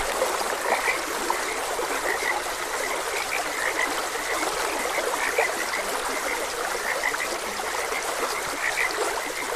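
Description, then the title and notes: Frogs give repeated short croaks over the continuous sound of a gently running stream. Frogs croaking beside a gentle stream. "Gentle Stream and Frogs Croaking - Calming Sounds of Nature. Sleep and Relaxation Podcast"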